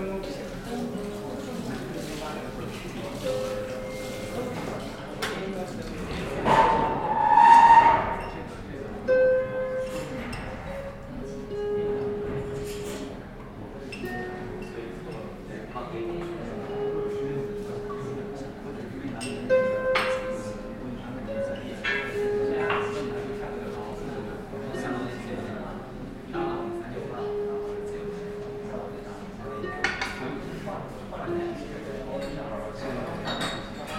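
Sitting in a café: a steady murmur of overlapping voices fills the whole stretch, with occasional clinks of cups and cutlery. A louder burst of chatter and clatter comes around seven seconds, and brief sharp tones cut through now and then.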